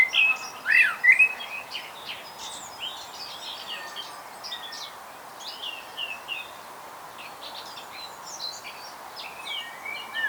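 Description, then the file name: Common blackbird calls: a loud burst of sweeping, warbled notes in the first second, then fainter high chirps over a steady background hiss. "Turdus merula"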